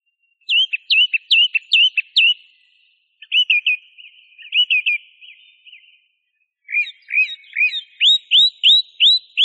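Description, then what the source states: Song thrush song: sharp rising-falling whistled notes repeated in quick series, then a run of clear upslurred whistles. Masteran recording, used for training songbirds.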